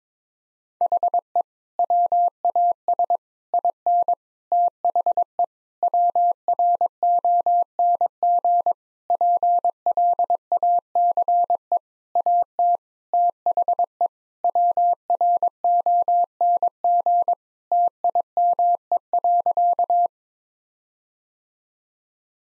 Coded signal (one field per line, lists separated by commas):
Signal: Morse code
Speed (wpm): 22 wpm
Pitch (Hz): 700 Hz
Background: none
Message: HE WAS IN THE WRONG PLACE AT THE WRONG TIME.